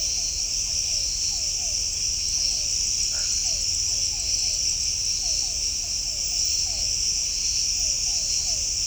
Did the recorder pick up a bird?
no